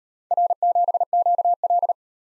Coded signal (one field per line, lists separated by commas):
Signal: Morse code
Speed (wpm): 35 wpm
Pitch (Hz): 700 Hz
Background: none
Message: R7QL